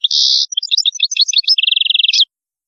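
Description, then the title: European goldfinch song opening with a buzzy note, then rapid liquid twittering that settles into a fast even trill before a final sharp flourish. "Chant Chardonneret"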